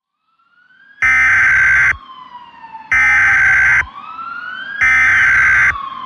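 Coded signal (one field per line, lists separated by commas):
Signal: Emergency Alert System (SAME) tones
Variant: header bursts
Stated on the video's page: Simulated EAS scenario, a Fourth of July special.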